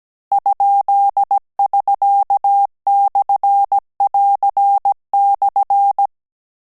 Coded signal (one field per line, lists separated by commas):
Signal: Morse code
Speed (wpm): 17 wpm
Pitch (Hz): 800 Hz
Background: none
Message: ?<SK>/<AR>/